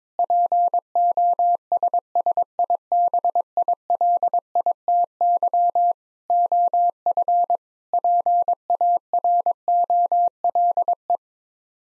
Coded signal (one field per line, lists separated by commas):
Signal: Morse code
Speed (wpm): 22 wpm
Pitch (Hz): 700 Hz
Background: none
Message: POSSIBILITY OF PAROLE